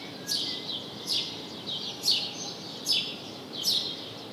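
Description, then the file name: House sparrow chirping: five sharp, downward-sweeping chirps, roughly one every eight-tenths of a second, over a steady high-pitched hiss. "Passer domesticus"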